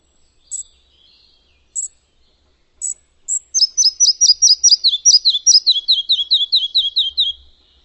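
Bird song: a few high, thin notes, then a fast run of many sharp, descending chirps, evenly spaced and gradually lower in pitch, in a quiet setting.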